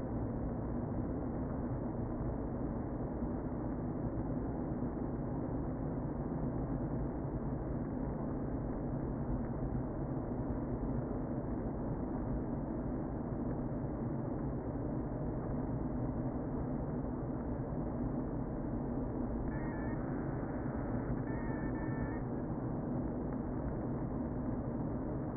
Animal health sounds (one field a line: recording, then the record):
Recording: honeybee colony, microphone inside the hive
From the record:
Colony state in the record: queen present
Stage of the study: before two queens were removed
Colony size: about 60,000 bees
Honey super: yes